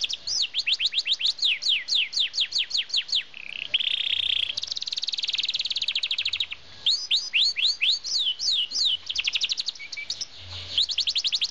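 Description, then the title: Norwich canary singing long runs of quick repeated downward-sweeping notes, several times a second, with a harsh buzzy roll and a fine rattling trill between runs. "Norwich Canary - Laropstars"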